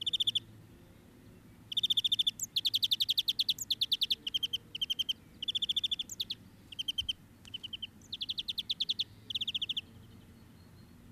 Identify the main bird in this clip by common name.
European Greenfinch